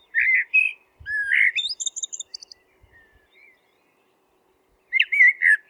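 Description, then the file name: Eurasian blackbird song, rich fluted phrases followed by thin high twittering notes, silence, then another warbled phrase starts. "merel zang"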